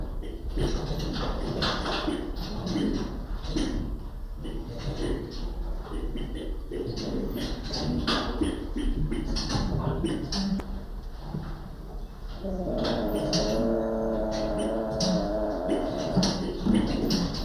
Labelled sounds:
Northern Greater Galago (Otolemur garnettii) call
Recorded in captivity
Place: Primatenstation Kassel, Hessen, DE
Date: 1995-09-24 14:34
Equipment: Sony WM-D6C, Sennheiser ME 80, Kopie Uher 4000 Report Monitor
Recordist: Tembrock, Günter

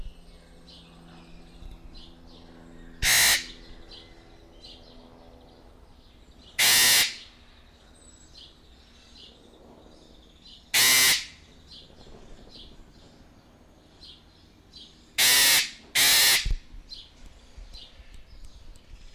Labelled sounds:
Eclectus Parrot (Eclectus roratus) call
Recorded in captivity
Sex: female
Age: adult
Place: Zoo Berlin, Berlin, DE
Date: 1998-06-20 11:11
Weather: wolkig - heiter, 20°C
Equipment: Sony MD-WM MZ-R3, Sennheiser ME 80, Kopie Uher 4000 Report Monitor
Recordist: Tembrock, Günter
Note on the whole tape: Weibchen (rot): Laute auf Beobachter bezogen mit Varianten des Lautes, Entfernung ca. 1,5 m

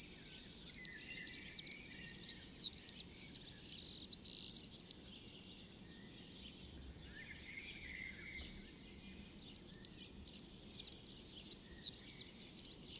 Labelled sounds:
Marsh Warbler (Acrocephalus palustris) song
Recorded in the wild
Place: Kaiserslautern, Rheinland-Pfalz, DE
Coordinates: 49.4806, 7.71167
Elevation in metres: 231
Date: 1973-06-12
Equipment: Nagra IV, Sennheiser MKH 405, Parabolreflektor
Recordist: Tretzel, Erwin

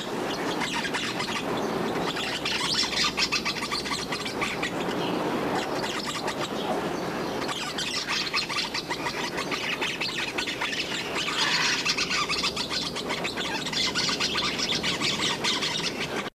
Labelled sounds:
Grey-hooded Parakeet (Psilopsiagon aymara) call
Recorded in captivity
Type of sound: call
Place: Teneriffa, Kanarische Inseln, Provinz Santa Cruz de Tenerife, ES
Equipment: Halbspur, 9,5 cm/s
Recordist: Lütgens, Hans
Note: Kopula

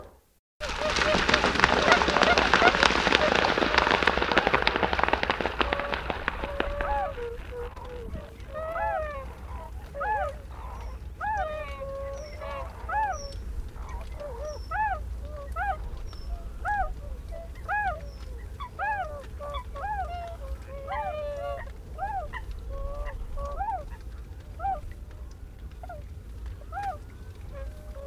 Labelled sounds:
Tundra Swan (Cygnus columbianus) call
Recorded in the wild
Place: Schwerin, Lewitz, Mecklenburg-Vorpommern, DE
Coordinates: 53.636, 11.401
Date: 1975-03-15
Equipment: Nagra III BH, Sennheiser MD 21, parabola
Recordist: Schubert, Michael
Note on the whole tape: Zwergschwäne, diverse Laute: Schnarchen, gestoßene Rufe, Stimmfühlung,"Triumpfgeschrei", dazu tiefe, leise "Unterhaltung", Abflüge; Tropfen fallen vom Dach des Schuppens, hinter dem ich stehe (ohne Filter)

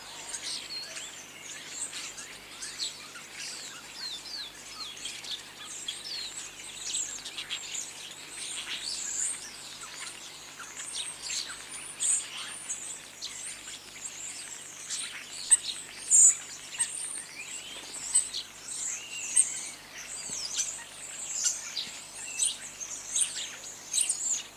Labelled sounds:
European Starling (Sturnus vulgaris) call
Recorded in the wild
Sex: group
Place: Lübars, Berlin, DE
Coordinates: 52.6167, 13.35
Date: 2004-09-25 10:25
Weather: cloudy, 13°C
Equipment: Sony WM-D6C, Sennheiser ME 80, Kopie Uher 4000 Report Monitor
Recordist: Tembrock, Günter
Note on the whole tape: Schwarm (im Garten - in Fichten): Laute

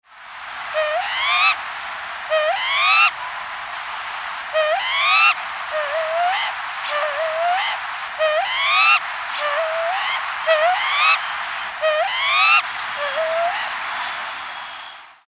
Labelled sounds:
Crested Fireback (Lophura ignita)
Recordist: Tembrock, Günter
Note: Rufe

